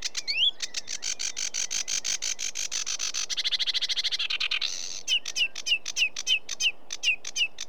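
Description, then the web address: Sedge warbler song, a hurried chatter of dry clicks, a fast buzzy rattle and harsh churrs, then sharp whistled notes repeated quickly. "BBC Sound Effects Library BBC - Birds Sedge Warbler"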